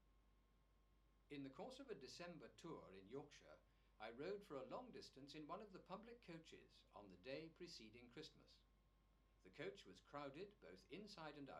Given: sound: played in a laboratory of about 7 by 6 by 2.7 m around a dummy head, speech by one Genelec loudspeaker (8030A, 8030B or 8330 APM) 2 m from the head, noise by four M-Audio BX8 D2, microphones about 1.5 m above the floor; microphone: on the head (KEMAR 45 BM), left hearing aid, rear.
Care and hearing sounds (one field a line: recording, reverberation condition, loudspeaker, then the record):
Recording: male speech in English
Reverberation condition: low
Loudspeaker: 120 degrees to the left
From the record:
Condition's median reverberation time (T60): about 310 ms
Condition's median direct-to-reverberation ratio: about 3.5 dB